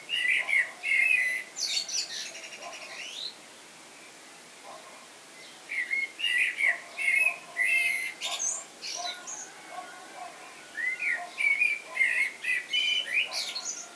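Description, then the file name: Common blackbird delivering three separate song phrases, each a low melodious warble running into high, scratchy twittering notes. "Turdus merula"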